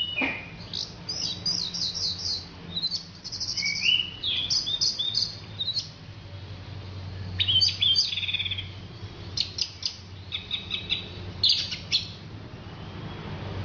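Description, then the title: Orange-headed thrush singing in bursts: rapid high buzzy trills and quick chattering phrases, separated by short pauses, with low background hum. "Anis Merah"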